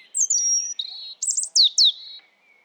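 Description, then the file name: European robin song phrase: a high sustained whistle, then quick trills and falling sweeps, all packed into under three seconds. "Erithacus rubecula"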